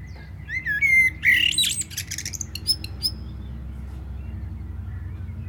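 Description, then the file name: Common blackbird giving a brief fluted phrase and squeaky twitter in the first two seconds, followed by a few faint high notes. "Turdus merula"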